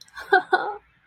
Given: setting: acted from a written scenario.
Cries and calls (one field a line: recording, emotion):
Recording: vocal sound without words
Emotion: distress